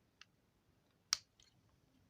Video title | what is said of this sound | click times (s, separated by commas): Review 11 : Transformers War For Cybertron Trilogy : Kingdom Dinobot review (french) | Vous entendez ce petit clips? Voilà. | 1.1 s